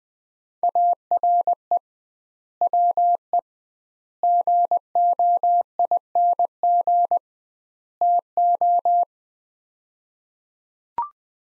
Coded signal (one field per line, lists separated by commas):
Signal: Morse code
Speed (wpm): 20 wpm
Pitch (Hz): 700 Hz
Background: none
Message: ARE WE GOING TO